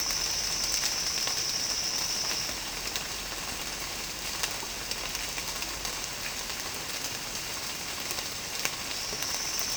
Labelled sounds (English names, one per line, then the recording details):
none
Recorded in secondary vegetation near Puerto Asís, Putumayo, Colombia, on 12 March 2025 at 09:00
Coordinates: 0.485, -76.322
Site G040